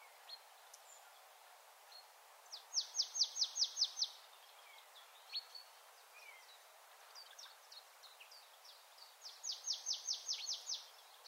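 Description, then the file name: Marsh tit giving two bursts of rapid, evenly repeated high downslurred notes, with a few scattered chips between them. "Poecile palustris"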